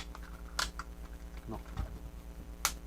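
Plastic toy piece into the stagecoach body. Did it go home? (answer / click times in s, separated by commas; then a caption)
yes / 2.7 s. A plastic toy piece is pressed into the body of a Playmobil 4399 stagecoach after being found not yet clipped in, while someone talks briefly. Light handling taps come first, then a single sharp click at 2.7 s as the piece clips in and seats.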